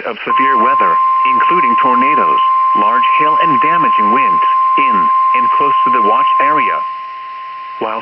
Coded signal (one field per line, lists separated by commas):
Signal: Emergency Alert System (SAME) tones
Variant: 1050 Hz attention tone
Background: speech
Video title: ANOTHER MDT DAY IN TEXAS! EAS Alerts from 5/17/2021 (EAS #302-324)